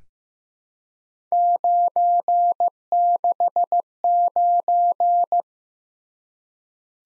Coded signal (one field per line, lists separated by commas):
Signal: Morse code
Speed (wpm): 15 wpm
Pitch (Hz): 700 Hz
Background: none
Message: 969